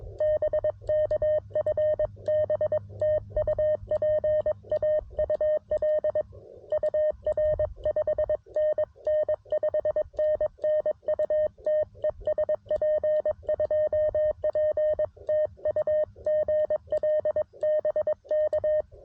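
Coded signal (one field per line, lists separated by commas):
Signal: Morse code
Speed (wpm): 22 wpm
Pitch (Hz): 610 Hz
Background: none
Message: BK FB TU PAUL UR 5NN 5NN UT ES P2P TU GL BK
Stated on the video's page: CW park activation on a CFT1 transceiver with MC-750 antenna, T1 tuner and paddle.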